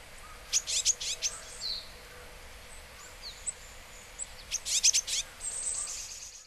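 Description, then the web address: Japanese tit calls: very high, sharp ticking and tsip notes in two quick clusters, separated by a few thin whistles, over steady background hiss. Recorded in Hyogo. "koe sijuukara 0803 hyogo"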